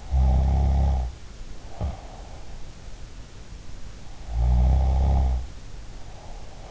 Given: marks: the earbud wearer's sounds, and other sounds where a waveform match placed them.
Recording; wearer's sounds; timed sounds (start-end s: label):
sounds in sleep by an in-ear microphone; snoring breath
0.18-2.57 s: snoring breath
4.32-6.71 s: snoring breath